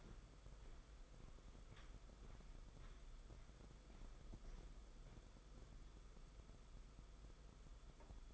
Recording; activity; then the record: daily activity, microphone in the room; walk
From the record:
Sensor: 5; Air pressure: 990.8 hPa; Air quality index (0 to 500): 146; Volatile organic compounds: 138 ppm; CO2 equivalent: 3969 ppm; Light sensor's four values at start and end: 42/130/50/53 and 43/131/50/53